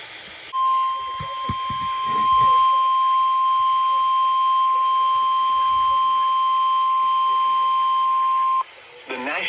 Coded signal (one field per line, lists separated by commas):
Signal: Emergency Alert System (SAME) tones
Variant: 1050 Hz attention tone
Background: speech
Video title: EAS 1145-1174 (12/10 & 12/11/21)